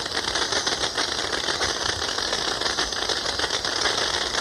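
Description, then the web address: Oilbird calls forming an unbroken grating, rattling din of overlapping harsh screeches. Ecuador. "Natures Songs S America Birds of Ecuador Oilbird"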